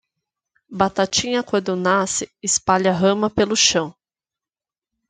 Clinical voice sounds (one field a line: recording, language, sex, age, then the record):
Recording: short text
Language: Brazilian Portuguese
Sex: female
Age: 30 to 39 years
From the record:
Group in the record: control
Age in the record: 34 years